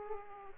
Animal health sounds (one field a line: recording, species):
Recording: mosquito wingbeat signal from an infrared sensor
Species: Aedes aegypti